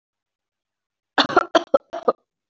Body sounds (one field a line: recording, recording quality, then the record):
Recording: shallow voluntary cough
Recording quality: excellent, no background noise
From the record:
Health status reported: healthy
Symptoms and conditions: none ticked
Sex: female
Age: 24 years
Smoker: not ticked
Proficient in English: yes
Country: India